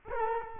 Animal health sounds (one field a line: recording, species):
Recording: mosquito wingbeat signal from an infrared sensor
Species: Culex quinquefasciatus